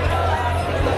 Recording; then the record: background sound without coughing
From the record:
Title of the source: CITY SOUNDS Busy Bar in the Evening Night - 2 HOURS of Ambiance for Relaxation